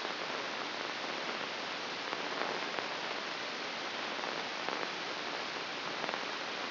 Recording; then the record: brain microelectrode recording played as sound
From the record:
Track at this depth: inside the subthalamic nucleus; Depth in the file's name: 1.154 mm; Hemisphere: right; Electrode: 2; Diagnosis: Parkinson's disease